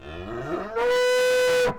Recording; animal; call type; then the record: contact call of a hoofed animal; cattle; low-frequency (closed-mouth) or high-frequency (open-mouth) call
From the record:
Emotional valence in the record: negative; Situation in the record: full separation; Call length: 1.78 s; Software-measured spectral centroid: 3420 Hz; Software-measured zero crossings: 1270 a second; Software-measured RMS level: -23 dBFS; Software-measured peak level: -19 dBFS